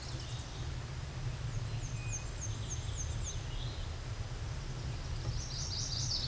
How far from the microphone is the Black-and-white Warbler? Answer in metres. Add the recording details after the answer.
about 55 m. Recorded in a Pennsylvania forest on 17 May 2023 at 13:33. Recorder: AudioMoth, point grid1_19_low. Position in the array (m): 48 m, 215 m